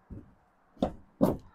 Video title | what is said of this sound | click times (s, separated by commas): A-frame Folding Camper! Aliner Classic | into place click | 0.8 s